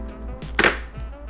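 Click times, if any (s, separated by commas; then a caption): 0.6 s. The visor of a new chrome silver Ruroc Atlas 2.0 motorcycle helmet is closed down onto the small metal nub on the shell that locks it. One sharp click sounds at 0.6 s over a low steady hum, and the visor is seated and locked down.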